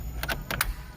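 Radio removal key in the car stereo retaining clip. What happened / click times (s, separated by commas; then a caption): The removal key clicked into the stereo's release clip / 0.6 s. A second Ford radio removal key is pushed into the other side of a 2001 Ford Ranger's car stereo, and its retaining clip clicks into release at 0.6 s, freeing the radio. Brief, bright scraping bursts from the key going in come before a sharper click at 0.6 s, over a low steady background hum.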